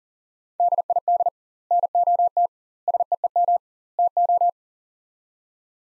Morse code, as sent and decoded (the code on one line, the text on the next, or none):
-.. .. -.. / -. --- - / ... . . -- / - ---
DID NOT SEEM TO